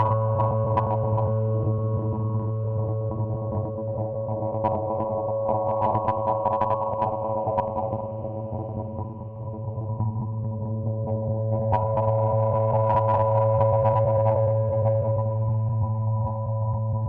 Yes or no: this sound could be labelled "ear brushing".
no